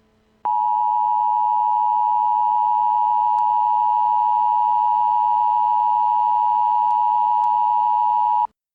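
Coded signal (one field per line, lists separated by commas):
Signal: Emergency Alert System (SAME) tones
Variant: 853 and 960 Hz attention tone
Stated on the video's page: Fictional fan-made EAS scenario, a remake of an earlier scenario, not a real alert.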